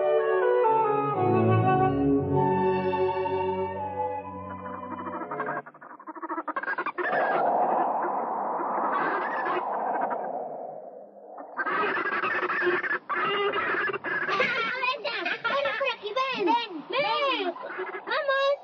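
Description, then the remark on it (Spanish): Turkeys gobble in a field in a series of loud, warbling calls that rise and fall in pitch, coming in quick bursts after a stretch of rustling, noisy sound. “que lleven al campo un hacillo de pavos.”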